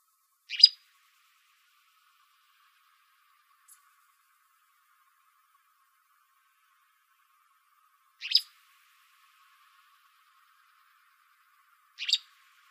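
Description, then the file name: Gray flycatcher calls: three abrupt, bright chip notes spaced several seconds apart against near silence. Recorded in Arizona on 15 May 2006. "GRFL 2 deviche"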